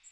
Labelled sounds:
Magnolia Warbler flight call

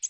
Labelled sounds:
American Redstart flight call

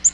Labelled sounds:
Black-throated Green Warbler flight call

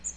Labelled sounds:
Magnolia Warbler flight call

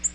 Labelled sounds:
Nashville Warbler flight call

